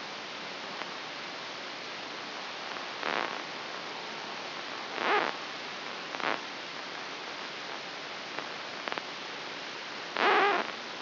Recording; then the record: brain microelectrode recording played as sound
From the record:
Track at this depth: outside the subthalamic nucleus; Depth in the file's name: 7.505 mm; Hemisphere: left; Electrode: 3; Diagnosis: Parkinson's disease